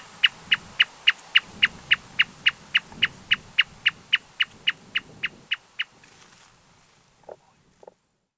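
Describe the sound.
Marsh Tapaculo giving a long, evenly spaced series of short sharp notes, about three or four per second, which stops abruptly; two faint separate notes follow after a pause.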